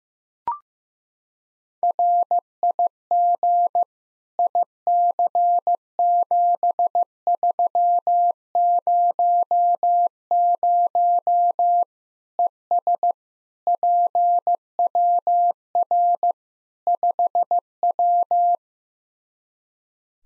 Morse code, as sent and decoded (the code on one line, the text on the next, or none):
.-. .. --. / .. -.-. --... ...-- ----- ----- / . ... / .--. .-- .-. / ..... .--
RIG IC7300 ES PWR 5W